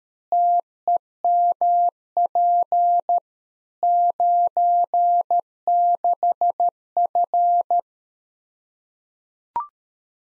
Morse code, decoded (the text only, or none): TEMP 96F